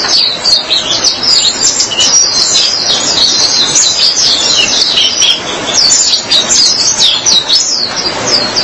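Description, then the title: White-eye song: dense, rapid high-pitched twittering and chirps running continuously without pause. "Kicauan Burung Pleci"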